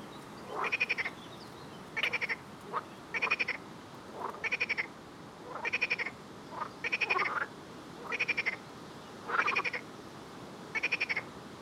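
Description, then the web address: Frog calling in nine crisp pulsed rattles spaced about every second and a quarter, with a few quieter croaks between. "Soundscape Frog 1"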